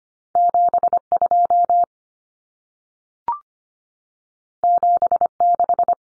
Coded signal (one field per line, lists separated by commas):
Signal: Morse code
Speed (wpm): 25 wpm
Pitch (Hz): 700 Hz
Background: none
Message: 72 76